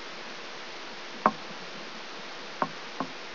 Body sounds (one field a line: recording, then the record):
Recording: brain microelectrode recording played as sound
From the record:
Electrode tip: outside the subthalamic nucleus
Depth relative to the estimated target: -6 mm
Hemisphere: right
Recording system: AlphaMap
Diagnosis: Parkinson's disease